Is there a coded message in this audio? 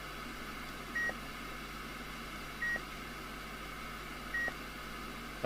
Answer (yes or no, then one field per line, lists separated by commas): no